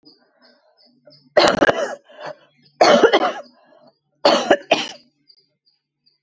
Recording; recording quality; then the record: heavy voluntary cough; excellent, no background noise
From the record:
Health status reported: COVID-19 positive, mild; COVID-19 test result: positive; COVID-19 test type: rapid antigen test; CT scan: not taken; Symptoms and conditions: cough, cold, sore throat, diabetes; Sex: female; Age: 60 years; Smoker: no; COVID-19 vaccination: both doses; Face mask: not worn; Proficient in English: yes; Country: India